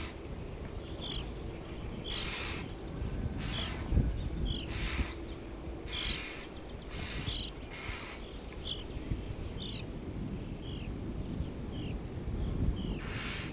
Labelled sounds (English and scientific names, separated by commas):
European Starling (Sturnus vulgaris)